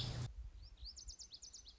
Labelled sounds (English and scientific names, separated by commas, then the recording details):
Lazuli Bunting (Passerina amoena)
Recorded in Sonoma County, California